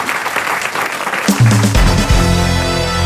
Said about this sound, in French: et on vous applaudit, on vous encourage. Bravo. Bravo.